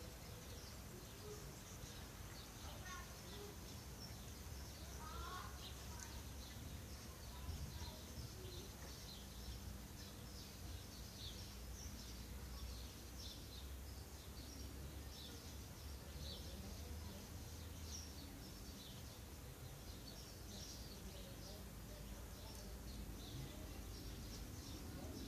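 Steady city hum from a garden, with a low rumble, faint voices, and scattered bird chirps and calls throughout.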